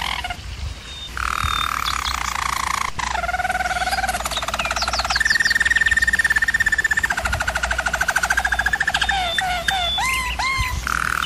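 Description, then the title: German Roller canary singing a chain of rolling tours, fast ticking trills and flat sustained rolls, with short upswept notes near the end, over a constant low hum. German Roller canary singing, recording made for canary training. "German Roller Canary Singing - Canary Training Vid"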